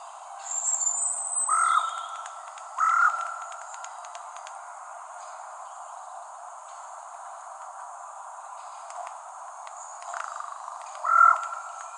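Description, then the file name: Carrion crow giving short, hoarse, harsh calls, four in all at uneven intervals, with a quiet stretch in the middle and faint background hiss. "Corvus corone"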